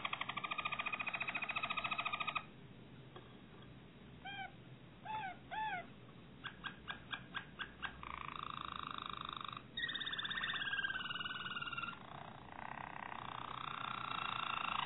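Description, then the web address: Harz Roller canary song, a brief roll, scattered whistled notes and a fast pulsed run, followed by longer rolling phrases. "~joaopt canarios racas canto harzers"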